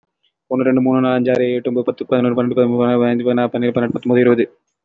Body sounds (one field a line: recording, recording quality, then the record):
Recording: counting at a fast pace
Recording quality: excellent, no background noise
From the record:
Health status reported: healthy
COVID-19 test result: not tested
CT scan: not taken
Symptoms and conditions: none ticked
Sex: male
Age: 25 years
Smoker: yes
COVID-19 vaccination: one dose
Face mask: worn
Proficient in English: yes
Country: India